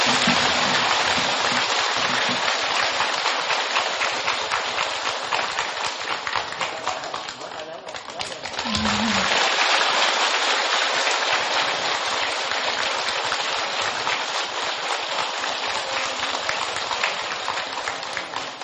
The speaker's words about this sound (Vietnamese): Xin cho một tràng pháo tay thật lớn.